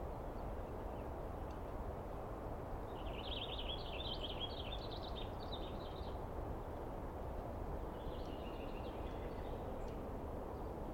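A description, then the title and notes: A dawn recording in the East Cascades: a steady low rumble throughout, with a bird's high twittering song around three to six seconds and again faintly near eight. I set up my microphones and recorder for a nice dawn recording in the East Cascades.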